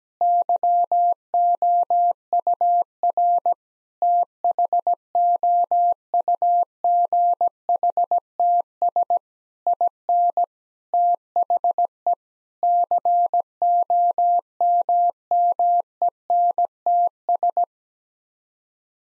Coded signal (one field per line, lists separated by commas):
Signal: Morse code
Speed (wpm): 17 wpm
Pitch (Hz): 700 Hz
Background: none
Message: YOUR THOUGHTS IN THE COMMENTS